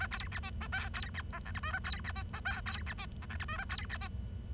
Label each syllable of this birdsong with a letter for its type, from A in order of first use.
A B C D E F B C G H I J A B C D E F B C D G H I J A B C D